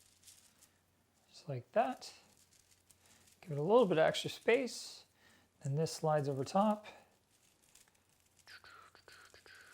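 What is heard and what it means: Someone talks while working a plastic closure clip over the top edge of an aquarium filter media bag. Faint ticks and a burst of rustling, crinkling handling noise follow near the end. The clip has not clicked shut yet.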